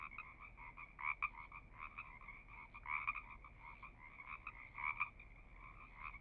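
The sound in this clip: Frogs calling, rasping pulsed croaks repeated roughly every second or two, louder bursts near one, three and five seconds over a low steady hiss.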